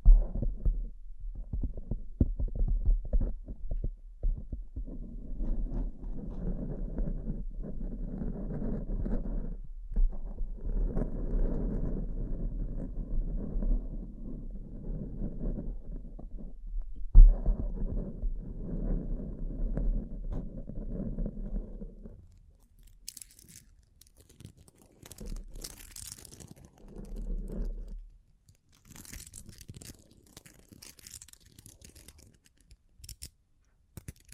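Bling bling triggers, starting with about twenty seconds of dense, low rustling and rubbing with a steady muffled rumble underneath. After that it turns quiet and sparse, with bright, crisp clinks and scratchy bursts coming in short spurts until the end.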